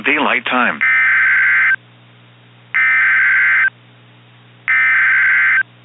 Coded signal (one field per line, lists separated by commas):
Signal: Emergency Alert System (SAME) tones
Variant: header bursts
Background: speech